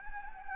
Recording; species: mosquito wingbeat signal from an infrared sensor; Anopheles gambiae